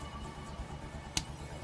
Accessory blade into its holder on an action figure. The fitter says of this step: he also clipped it as you deserves so once you hear that clip isn't what you hear that click is not it's not going nowhere